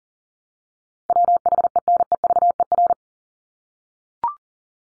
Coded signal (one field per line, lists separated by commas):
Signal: Morse code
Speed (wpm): 40 wpm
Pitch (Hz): 700 Hz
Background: none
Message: WHENEVER